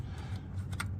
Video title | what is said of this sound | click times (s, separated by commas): vhx Dakota digital install in 1964 impala #digitaldash | just snaps right in | 0.8 s